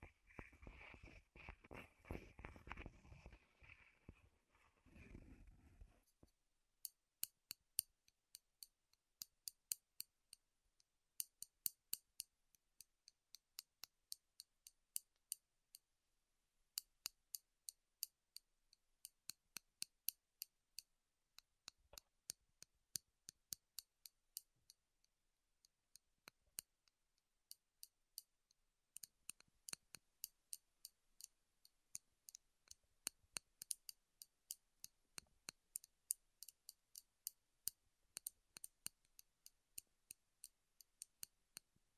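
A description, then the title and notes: Wood triggers: the first six seconds are a dense, low rubbing and handling noise, then it gives way to crisp, bright taps and clicks. These come in irregular clusters and quick runs with short silent gaps, continuing to the end. ASMR Wood Triggers in Your Ears (No Talking).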